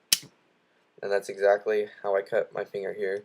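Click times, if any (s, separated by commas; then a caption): 0.1 s. A folding knife's blade is let swing closed and snaps back into its handle under strong retention, giving a sharp snap at 0.1 s. After a short silence, someone talks.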